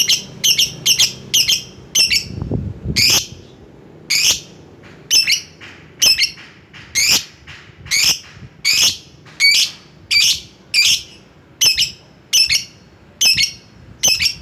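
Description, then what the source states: Lovebird uttering harsh, high squawky chirps, often in quick pairs, repeated about once a second, with a brief low thump early on. Lovebird calling a rival.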